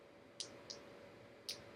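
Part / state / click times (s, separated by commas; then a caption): connector part on a handmade USB cable / seated / 0.4 s, 1.5 s. A small part of a handmade USB cable is pressed together until it clicks into place, with sharp, bright clicks at 0.4 s and 1.5 s and a fainter tick near 0.7 s over a steady low hum. The part seats and the cable connection works.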